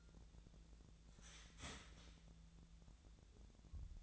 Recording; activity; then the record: daily activity, microphone in the room; start toaster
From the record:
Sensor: 3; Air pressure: 1000.2 hPa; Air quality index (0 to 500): 157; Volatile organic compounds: 3 ppm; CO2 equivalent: 1386 ppm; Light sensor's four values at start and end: 36/91/38/41 and 35/90/38/41